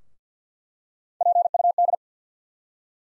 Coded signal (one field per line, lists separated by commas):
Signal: Morse code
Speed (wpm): 50 wpm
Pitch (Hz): 700 Hz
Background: none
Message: PUD